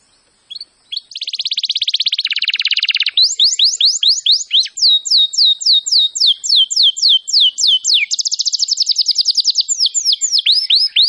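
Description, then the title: Canary song opening with a long buzzy rolling trill, then many rapid descending whistled notes and another dense trill, continuous and high, otherwise quiet. Singing in full form, described as gacor. "Kenari Gacor"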